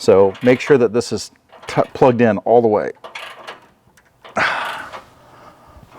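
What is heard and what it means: Someone talks while handling the blind spot monitoring harness connector, which goes into its mating plastic connector on the bumper sensor wiring during the install of a Metal-tech 4x4 Aces High rear bumper on a 6G Bronco; the connector takes a lot of pressure to seat, and the sensors won't work if it isn't fully in. After the talking come faint handling noises, a brief soft tick at 4.0 s, and a louder scraping rustle from about 4.3 to 5.0 s. Nothing has seated or clicked yet.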